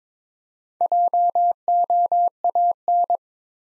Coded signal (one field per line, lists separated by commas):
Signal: Morse code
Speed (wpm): 22 wpm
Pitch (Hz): 700 Hz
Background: none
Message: JOAN